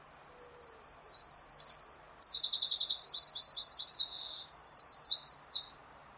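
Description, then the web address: Bird calls: high, rapid trilled chirps in quick repeated runs, swooping up and down, with brief pauses between bursts. "cianscape birddata Deverinetal 2025"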